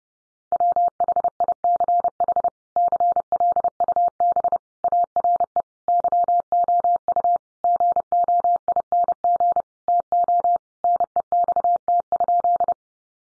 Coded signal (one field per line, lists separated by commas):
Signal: Morse code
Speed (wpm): 30 wpm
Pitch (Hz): 700 Hz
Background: none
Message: WHICH CLUB ARE YOU GOING TO NEXT?